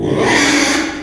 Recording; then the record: squeal of a Yucatan mini pig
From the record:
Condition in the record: after surgery on the right vocal fold (resection and tissue-engineered implant); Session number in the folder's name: 3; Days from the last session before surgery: 33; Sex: male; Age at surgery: 12 weeks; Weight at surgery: 13 kg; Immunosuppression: cyclosporine, prednisolone